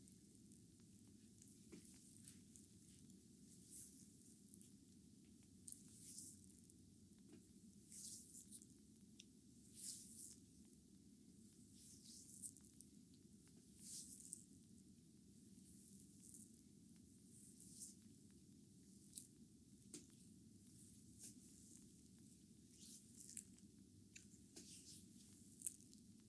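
A massage with bamboo brooms: bursts of bright, hissing swishes repeat in an irregular rhythm, roughly every second or two, like bristles brushing and sweeping. Beneath them runs a steady low rumble, with a few sharper ticks scattered throughout.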